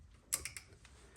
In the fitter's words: And they just snap into place.